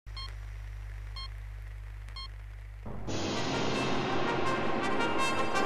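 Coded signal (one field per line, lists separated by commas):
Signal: none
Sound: music synth beeps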